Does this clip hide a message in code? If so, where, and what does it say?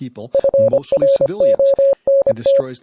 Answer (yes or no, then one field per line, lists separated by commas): yes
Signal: Morse code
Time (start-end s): 0.4-2.6 s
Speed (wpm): 25 wpm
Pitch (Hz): 550 Hz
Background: speech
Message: FRONT